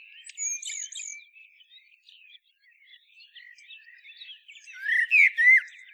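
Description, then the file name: Common blackbird song: high twittering notes, then soft quiet warbling for several seconds, then a louder phrase of sweeping notes at the close. "Turdus merula"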